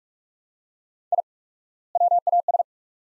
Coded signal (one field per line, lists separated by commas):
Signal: Morse code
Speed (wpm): 46 wpm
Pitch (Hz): 700 Hz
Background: none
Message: I WAS